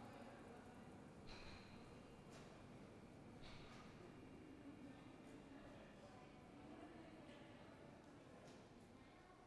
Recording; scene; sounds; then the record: everyday scene through a hearing-aid microphone; reverberant space; background noise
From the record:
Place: railway station hall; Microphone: behind the ear, left, rear